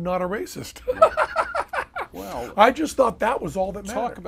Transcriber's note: laughs